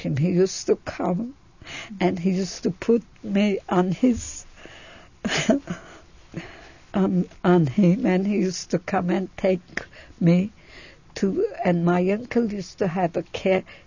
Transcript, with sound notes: He used to come, and he used to put me on his ( she laughs ) on him and he used to come and take me to, and my uncle used to have a